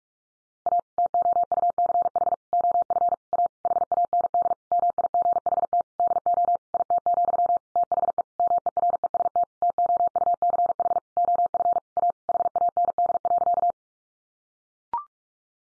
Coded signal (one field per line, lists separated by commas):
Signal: Morse code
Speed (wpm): 46 wpm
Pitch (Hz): 700 Hz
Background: none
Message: A TOUCH OF A HAND MIGHT DO IT, THE MEREST TOUCH OF A HAND.